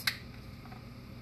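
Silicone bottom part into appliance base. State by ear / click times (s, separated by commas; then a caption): seated / 0.1 s. A silicone bottom piece is fitted back onto the base of a snack bar maker and locks into place. A single sharp, bright click sounds at 0.1 s, followed by quiet low background noise. The piece is seated.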